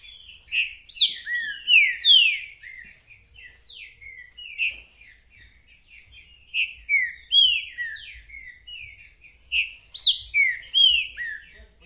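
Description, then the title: Green-winged saltator song: strong whistled phrases repeated three times, each a cluster of slurred, falling notes separated by short, quieter gaps. Songs used in a territorial dispute, the bird chirping, singing and acting aggressively male ('macheando'); a repeating singer giving one song after another; song style called 'mercenário'. "Esse É PERFEITO Para ESQUENTAR Seu TRINCA Piando, Cantando E Macheando Na DISPUTA. 🔥TRINCA FERRO REPETIDOR !! UM CANTO ATRÁS DO OUTRO!!! TRINCA FERRO MERCENARIO!"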